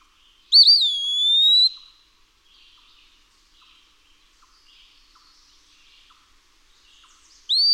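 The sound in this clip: Eastern wood-pewee gives one slow, slurred, rising whistled phrase, then a long pause with faint scattered chirps before the next phrase begins.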